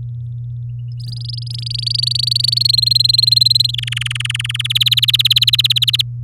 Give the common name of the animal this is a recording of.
Domestic Canary